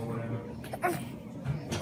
Sound of a baby struggling to breathe.